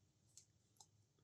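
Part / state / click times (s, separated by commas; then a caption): plastic inner wheel half into outer wheel half of a snap-together model car / not seated / none. A plastic inner wheel half is pressed again into the outer wheel half of a snap-together model car, giving two small, sharp plastic contact clicks at about 0.4 s and 0.8 s over a quiet background. The halves have not snapped together yet.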